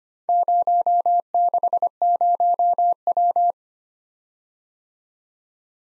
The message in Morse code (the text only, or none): 060W